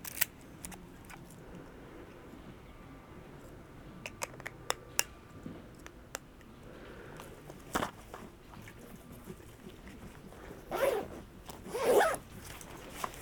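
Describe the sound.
Walking through Piran, Slovenia: a low, steady murmur runs under sharp clicks and taps, clustered around four to six seconds and again near eight. Toward the end, two brief rustling swells, like fabric or a zipper, rise at about eleven and twelve seconds.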